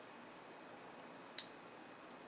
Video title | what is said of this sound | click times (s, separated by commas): IV Insertion | and it clicks so that means that my needle is now protected in my safety | 1.4 s